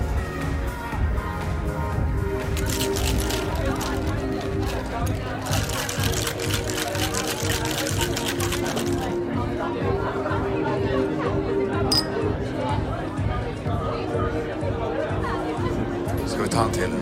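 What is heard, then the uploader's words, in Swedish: Murmuring bar sounds: a dense, steady babble of many overlapping voices with no single speaker standing out. Clusters of bright clinks and clatter, like glasses and dishes, come through between about 2 and 9 seconds, with a few sharper clinks near 12 and 16 seconds. Baren. En timme sorlande barljud.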